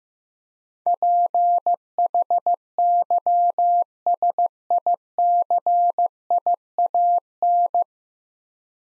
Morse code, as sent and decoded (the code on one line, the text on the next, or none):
.--. .... -.-- ... .. -.-. .. .- -.
PHYSICIAN